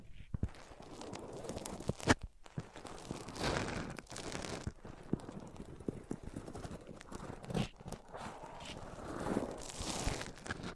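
Microphones are rubbed across different surfaces, giving a continuous scraping and rustling that rises and falls in waves. Sharp knocks and crackles cut through it at irregular moments, with a brief near-silent gap around two seconds and brighter hissy swells near four and ten seconds.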